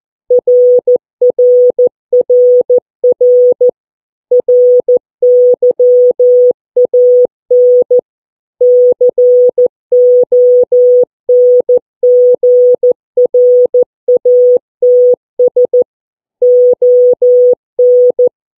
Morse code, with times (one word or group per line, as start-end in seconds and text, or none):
0.3-3.7 RRRR
4.3-8.0 RYAN
8.6-15.8 CONGRATS
16.4-18.3 ON